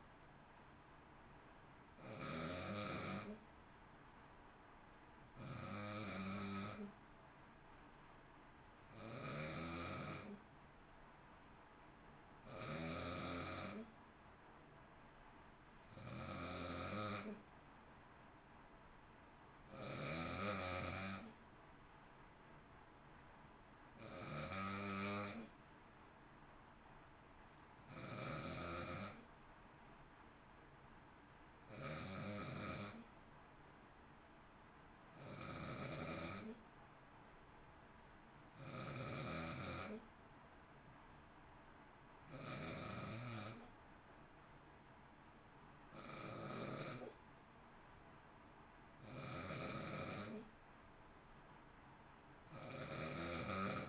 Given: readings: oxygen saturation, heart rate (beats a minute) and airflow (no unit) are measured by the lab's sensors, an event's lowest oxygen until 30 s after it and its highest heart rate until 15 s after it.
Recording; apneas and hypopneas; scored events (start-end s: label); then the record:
breathing in sleep by a voice recorder at the bedside; none
none scored
From the record:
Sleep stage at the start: N2 (light sleep); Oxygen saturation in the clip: 92 to 93%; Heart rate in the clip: 53 to 58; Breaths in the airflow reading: 17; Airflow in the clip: -0.7 to 0.8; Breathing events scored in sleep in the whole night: 328 in 6.3 hours asleep